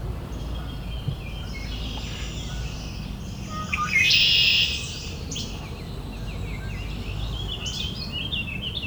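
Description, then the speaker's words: Red-winged Blackbird call: one loud, harsh buzzy burst lasting under a second, with faint scattered chips and a constant low background hum. Red-winged blackbirds described as having an argument; recorded in southern Ontario while testing a bird sound identification app. "red-winged blackbird's having an argument here."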